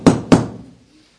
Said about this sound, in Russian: А за дверьми кто-то стучал.